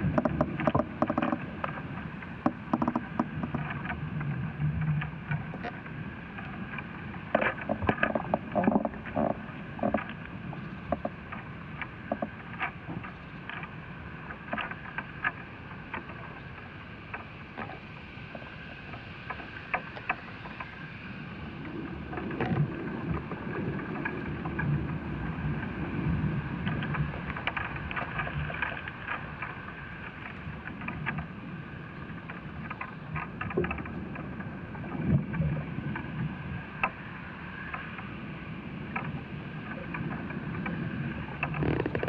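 Inside an ash tree, a dense, steady low rumble with wind-like surges runs throughout, scattered with frequent small ticks and crackles.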